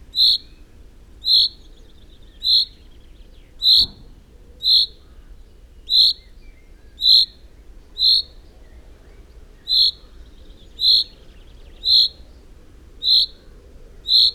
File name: Common Chaffinch